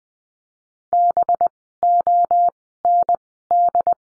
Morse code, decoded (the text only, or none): BOND